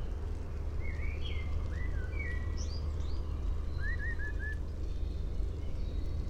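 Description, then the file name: Common blackbird with slurred fluty whistles, then a quick run of four short notes, all over a constant low hum. "Turdus merula"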